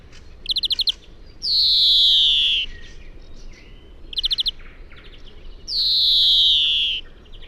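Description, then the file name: European greenfinch: short rapid trills, each followed by a long, harsh wheeze gliding downward, the pattern heard twice with faint chirps between. "Chloris chloris"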